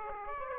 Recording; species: mosquito wingbeat signal from an infrared sensor; Aedes aegypti